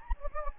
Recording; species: mosquito wingbeat signal from an infrared sensor; Anopheles gambiae